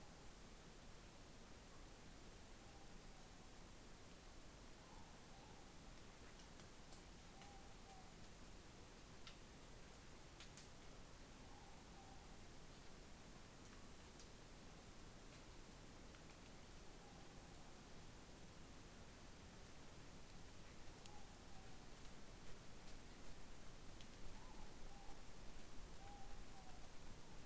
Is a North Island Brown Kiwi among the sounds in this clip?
no